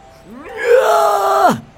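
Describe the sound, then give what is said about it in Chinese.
In an audio drama, a man lets out a loud, sustained roar as he uses inner force to throw off his opponent in a fight. The roar swells up in pitch, holds strong and harmonically rich for about a second, then drops off abruptly. “威空大吼了一声，借着内力震开了展昭”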